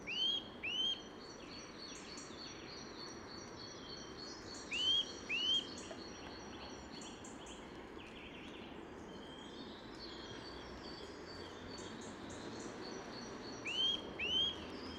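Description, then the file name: Eurasian nuthatch calling: pairs of short rising whistles repeated three times, with faint high chirps and constant background noise. "Sitta europaea"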